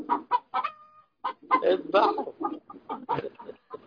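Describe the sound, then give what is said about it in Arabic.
A hen, not a rooster, clucks in a rapid series of short, choppy bursts, some notes rising into a brief squawk, with only tiny pauses between them. “هذه فرخة ليست ديكة.”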